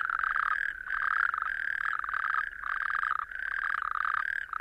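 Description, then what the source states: Natterjack toads calling, harsh rolling trills repeated with short breaks. Native Irish natterjack toads in sand dunes, west Kerry, southwest Ireland; calls carry far, usually start 7-8 pm, really from 9-10 pm at dusk, lasting until 1-4 am if not too cold.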